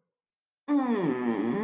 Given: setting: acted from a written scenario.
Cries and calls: vocal sound without words; guilt

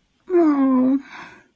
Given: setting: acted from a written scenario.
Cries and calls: vocal sound without words; sadness

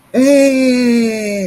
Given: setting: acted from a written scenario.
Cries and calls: vocal sound without words; positive surprise

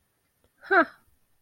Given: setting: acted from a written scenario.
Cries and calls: vocal sound without words; amusement

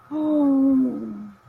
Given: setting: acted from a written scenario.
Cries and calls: vocal sound without words; awe

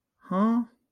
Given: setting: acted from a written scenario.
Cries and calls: vocal sound without words; confusion

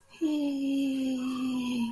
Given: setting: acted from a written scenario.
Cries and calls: vocal sound without words; adoration

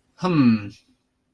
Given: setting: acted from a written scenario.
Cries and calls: vocal sound without words; neutral

